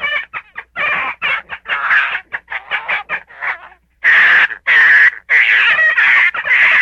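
Gray fox calls: quieter, choppy chatter and yips at first, then louder, sustained raspy screeches in the second half.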